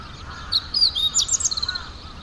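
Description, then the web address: Meadow bunting song: a quick, high phrase of sharp chirps and twittering notes lasting about a second, over faint lower background calls. "izumino saunndo hooziro"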